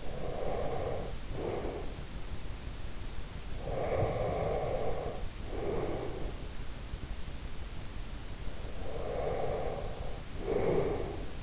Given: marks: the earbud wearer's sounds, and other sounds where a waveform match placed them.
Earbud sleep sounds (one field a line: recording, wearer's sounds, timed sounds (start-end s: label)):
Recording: sounds in sleep by an in-ear microphone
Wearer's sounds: breath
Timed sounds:
0.00-1.94 s: breath
3.57-6.46 s: breath
8.69-11.43 s: breath